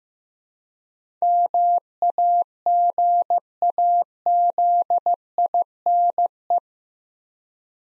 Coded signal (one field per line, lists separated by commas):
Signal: Morse code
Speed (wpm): 15 wpm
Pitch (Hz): 700 Hz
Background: none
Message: MAGAZINE